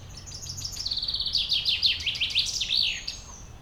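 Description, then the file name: Common chaffinch song: a rapid run of sharp notes descending in pitch, ending with a quick flourish. "Fringilla coelebs"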